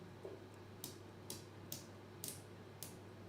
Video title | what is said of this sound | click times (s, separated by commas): Tourbillon 2 - Pre-Order Live Stream | yeah then if you you should be able to slide it back without pressing the button yeah you'll hear it click one at a time | 0.8 s, 1.3 s, 1.7 s, 2.2 s, 2.8 s